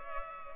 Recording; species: mosquito wingbeat signal from an infrared sensor; Culex pipiens